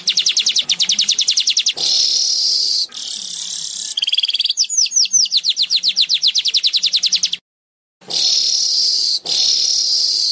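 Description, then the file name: Weaver chattering song, rapid ticking series broken by long hissing buzzes and slurred notes, with a brief silent gap. "Tieng chim dong doc chim rong roc dau vang"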